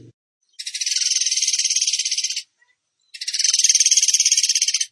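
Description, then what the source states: Bird song: two long, fast, rattling high trills of even pulses, each close to two seconds, separated by a short pause. Bird singing in the tembakan gacor style, for training other birds (masteran).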